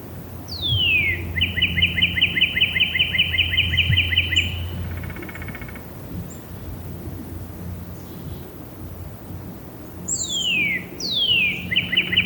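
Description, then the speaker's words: Northern Cardinal song: a clear whistle slurring steeply down into a fast even run of many bright chip notes, then two more falling whistles, over a low steady hum. Males sing year-round, more often in spring and early summer; heard more than usual on warm winter days, a false spring. "This is the song of the Northern Cardinal."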